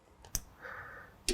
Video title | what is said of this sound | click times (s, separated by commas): Ford Maverick LED Front Blinker Lights Installation (from F150LEDs.com) | and then line it up once again press it in you'll hear it click but we're just going to take | 0.3 s, 1.3 s